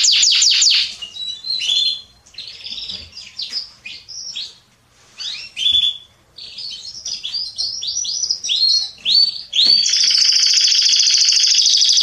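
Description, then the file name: Canary song, varied phrases of quick chirps and rolling notes with short gaps, ending in a loud sustained buzzy trill. "Canary Voice"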